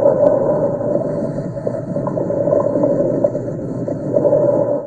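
Coarse crackles heard over an adult chest through a stethoscope: brief popping clicks scattered through the breathing sound.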